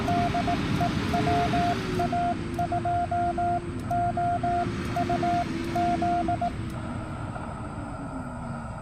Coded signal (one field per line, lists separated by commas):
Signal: Morse code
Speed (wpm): 18 wpm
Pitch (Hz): 690 Hz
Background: none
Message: DE WA2OUZ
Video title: POTA CW and SSB 8/29/24